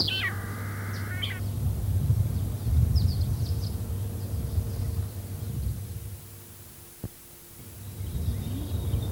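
Vegetarian finch song: a sharp descending note opening a drawn-out, nasal, buzzy tone lasting about a second, then faint high chips over a steady low hum.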